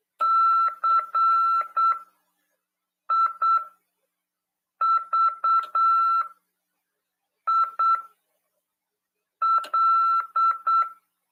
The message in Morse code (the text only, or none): CIVIL